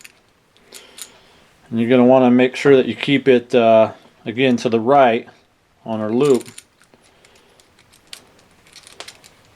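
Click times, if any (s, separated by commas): none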